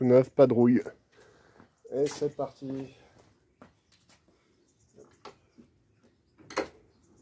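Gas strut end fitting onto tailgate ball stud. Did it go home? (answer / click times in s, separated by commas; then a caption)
yes / 6.5 s. Someone talks at the start, then a new tailgate gas strut end is pressed onto its ball stud, giving a few faint knocks before a sharp click at 6.5 s. It clips on by itself and is checked as properly seated.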